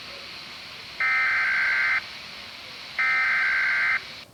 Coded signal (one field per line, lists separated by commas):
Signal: Emergency Alert System (SAME) tones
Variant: header bursts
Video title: Environment Canada SVR (EAS #16)